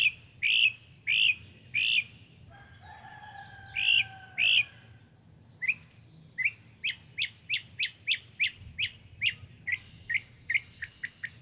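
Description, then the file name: Northern mockingbird song of varied phrases: three loud notes, a brief lower whistled passage, then a quick run of short repeated chips. Recorded at Brownings on 14 May 2024, in spring. "Northern-Mockingbird Brownings-05-14-2024-N-Levey"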